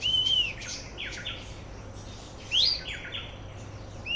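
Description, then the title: Fuscous flycatcher: a clear arched whistle followed by buzzy notes, repeated a couple of seconds later with a rising whistle. Subspecies Cnemotriccus fuscatus fuscatior. "LuckyPassaro Completos2Sama. Fuscous Flycatcher (Cnemotriccus fuscatus fuscatior)"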